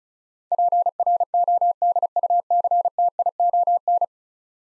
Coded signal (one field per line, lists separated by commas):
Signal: Morse code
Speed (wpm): 36 wpm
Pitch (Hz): 700 Hz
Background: none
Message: PRODUCTION